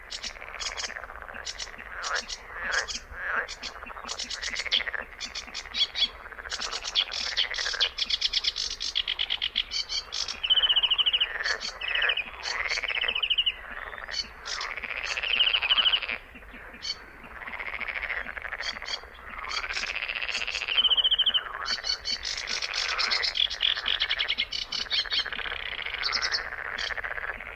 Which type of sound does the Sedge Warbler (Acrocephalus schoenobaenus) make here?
song